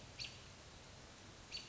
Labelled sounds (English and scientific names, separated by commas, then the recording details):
American Robin (Turdus migratorius)
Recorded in Sonoma County, California